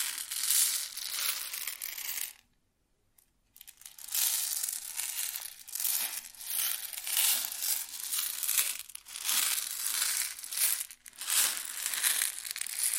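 Grains rustle and shift in a dense, crackly hiss of countless tiny bright clicks with almost no low end. The stream stops dead for about a second near the two-second mark, then resumes, swelling and easing with brief dips around nine and eleven seconds.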